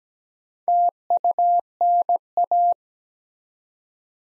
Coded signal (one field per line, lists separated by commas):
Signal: Morse code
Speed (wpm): 17 wpm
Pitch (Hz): 700 Hz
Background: none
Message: TUNA